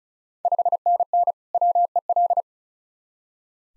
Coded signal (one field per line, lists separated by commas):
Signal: Morse code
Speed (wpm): 36 wpm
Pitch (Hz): 700 Hz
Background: none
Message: 5NN WEL